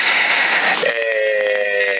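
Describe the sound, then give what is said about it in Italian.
Radio static from a CB radio transmission in Sassari hisses for under a second. Then a roger beep rings out, a steady, mid-pitched electronic tone held for about a second over the lingering hiss, with no talking. “Vabbè, dai, il così sentite il Roger BIP almeno.”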